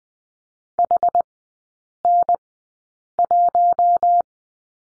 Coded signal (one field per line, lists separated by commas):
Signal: Morse code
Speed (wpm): 20 wpm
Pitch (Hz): 700 Hz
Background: none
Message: HN1